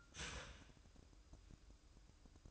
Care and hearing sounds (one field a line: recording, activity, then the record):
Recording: daily activity, microphone in the room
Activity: start toaster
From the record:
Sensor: 2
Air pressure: 1006.9 hPa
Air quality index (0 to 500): 42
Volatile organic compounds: 1 ppm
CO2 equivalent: 546 ppm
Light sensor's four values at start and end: 6/14/6/6 and 6/14/6/6